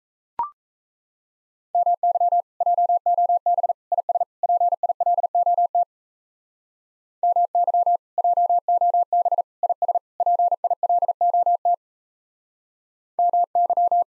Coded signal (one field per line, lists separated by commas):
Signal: Morse code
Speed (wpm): 34 wpm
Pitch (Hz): 700 Hz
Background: none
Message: MY JOB IS PILOT MY JOB IS PILOT MY